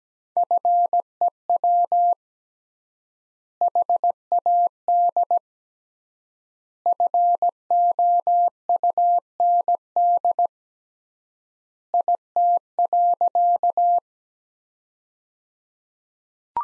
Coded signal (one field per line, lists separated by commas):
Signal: Morse code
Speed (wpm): 17 wpm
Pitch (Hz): 700 Hz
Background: none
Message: FEW HAD FOUND IT.